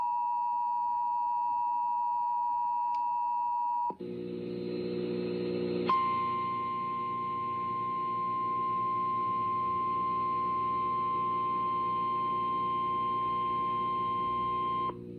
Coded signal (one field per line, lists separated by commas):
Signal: Emergency Alert System (SAME) tones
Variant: 853 and 960 Hz attention tone